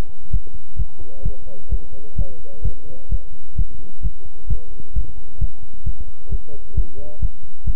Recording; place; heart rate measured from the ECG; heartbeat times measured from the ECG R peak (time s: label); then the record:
heart sounds by stethoscope; between the tricuspid and mitral areas; 131 bpm
0.31 s: heartbeat
0.76 s: heartbeat
1.23 s: heartbeat
1.69 s: heartbeat
2.15 s: heartbeat
2.62 s: heartbeat
3.09 s: heartbeat
3.55 s: heartbeat
4.01 s: heartbeat
4.47 s: heartbeat
4.93 s: heartbeat
5.38 s: heartbeat
5.84 s: heartbeat
6.29 s: heartbeat
6.74 s: heartbeat
7.19 s: heartbeat
7.64 s: heartbeat
From the record:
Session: pedaling a stationary bicycle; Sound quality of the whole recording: good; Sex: male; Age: 24 years